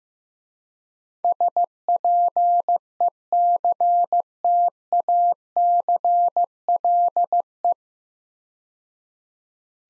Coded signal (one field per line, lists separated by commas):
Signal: Morse code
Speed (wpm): 15 wpm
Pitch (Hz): 700 Hz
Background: none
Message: SPECTACLE